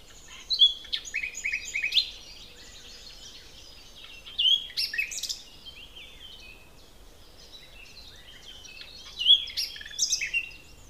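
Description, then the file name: Common nightingale singing three separate phrases of rich, varied notes, sharp chips and rapid trills, with a few seconds of pause between them and soft background chatter. "Luscinia megarhynchos"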